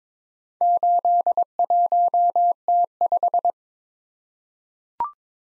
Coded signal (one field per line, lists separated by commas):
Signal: Morse code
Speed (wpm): 22 wpm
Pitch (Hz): 700 Hz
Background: none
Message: 81T5